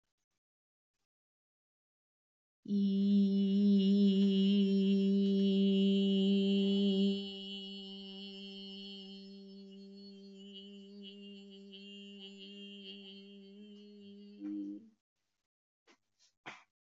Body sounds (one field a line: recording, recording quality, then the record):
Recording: sustained vowel as in beet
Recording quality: excellent, no background noise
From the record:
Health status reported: COVID-19 positive, mild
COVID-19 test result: positive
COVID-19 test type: RT-PCR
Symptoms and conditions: cold, sore throat, fever, muscle pain, hypertension, diabetes, another condition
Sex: female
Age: 52 years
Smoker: no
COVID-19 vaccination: both doses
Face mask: not worn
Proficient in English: yes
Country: India